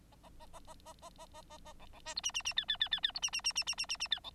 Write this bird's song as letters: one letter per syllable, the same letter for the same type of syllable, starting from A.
A A A A A A A A A A A B B C D E E E F F F F F D E E E E E E E E F B